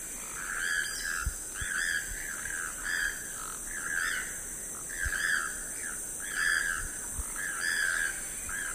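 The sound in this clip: Choco toucan producing a fairly regular run of coarse croaks, roughly one every second, with a persistent high-pitched insect drone and a few faint low knocks.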